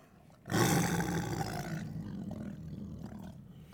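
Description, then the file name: Tiger producing one sudden loud, harsh growl that slowly tails off into a low rumbling breath. "Digiffects Sound Effects Library - Tiger Eating"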